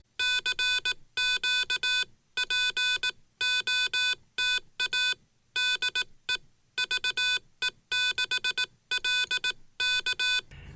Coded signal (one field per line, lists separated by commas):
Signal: Morse code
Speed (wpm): 18 wpm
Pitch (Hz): 1500 Hz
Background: none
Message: CQ POTA DE VE6LK